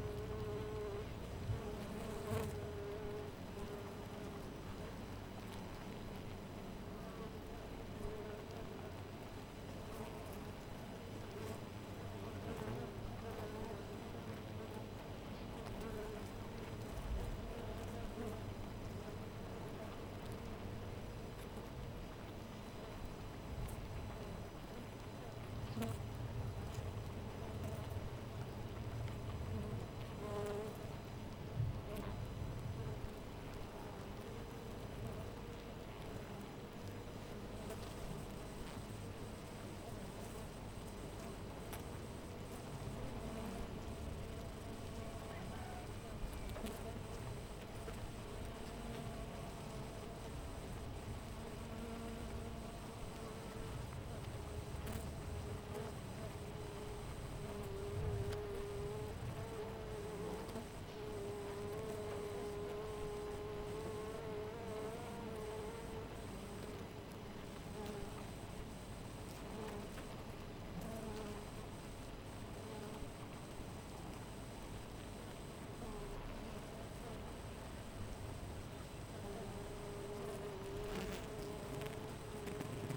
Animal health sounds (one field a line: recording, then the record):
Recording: honeybee colony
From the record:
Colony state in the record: missing queen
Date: 14 July 2017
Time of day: 4:41